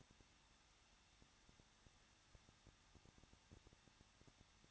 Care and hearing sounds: daily activity, microphone in the room; no activity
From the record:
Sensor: 3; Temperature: 21.2 degrees Celsius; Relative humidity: 36.2%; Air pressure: 1006.4 hPa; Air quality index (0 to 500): 221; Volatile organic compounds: 40 ppm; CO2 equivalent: 3145 ppm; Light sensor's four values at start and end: 2/3/2/2 and 2/3/2/2

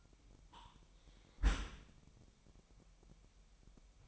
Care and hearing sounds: daily activity, microphone in the room; close dishwasher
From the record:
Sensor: 1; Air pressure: 998.3 hPa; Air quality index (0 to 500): 139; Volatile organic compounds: 4 ppm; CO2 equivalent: 1659 ppm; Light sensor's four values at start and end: 16/55/22/22 and 16/55/22/22

